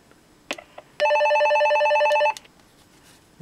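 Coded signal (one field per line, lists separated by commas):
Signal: none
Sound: walkie-talkie call ringer beeps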